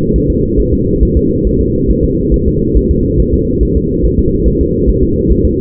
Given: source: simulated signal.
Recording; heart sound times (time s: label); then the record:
fetal heart sounds
0.16 s: S1
0.30 s: S2
0.60 s: S1
0.73 s: S2
1.03 s: S1
1.17 s: S2
1.47 s: S1
1.61 s: S2
1.91 s: S1
2.04 s: S2
2.34 s: S1
2.48 s: S2
2.77 s: S1
2.91 s: S2
3.20 s: S1
3.34 s: S2
3.63 s: S1
3.77 s: S2
4.06 s: S1
4.19 s: S2
4.48 s: S1
4.61 s: S2
4.90 s: S1
5.03 s: S2
5.31 s: S1
5.45 s: S2
From the record:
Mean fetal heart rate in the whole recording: 140 bpm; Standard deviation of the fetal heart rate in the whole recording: 2 bpm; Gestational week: 34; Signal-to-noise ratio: -14.7 dB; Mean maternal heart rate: 72 bpm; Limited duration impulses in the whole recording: present